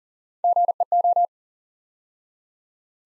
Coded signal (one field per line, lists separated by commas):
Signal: Morse code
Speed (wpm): 43 wpm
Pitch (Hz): 700 Hz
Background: none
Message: GEO